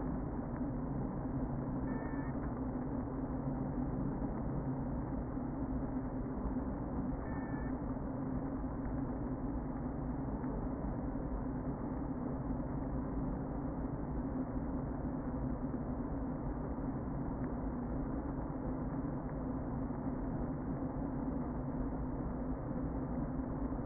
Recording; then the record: honeybee colony, microphone inside the hive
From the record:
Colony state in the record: queen present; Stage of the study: before two queens were removed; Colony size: about 60,000 bees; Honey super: yes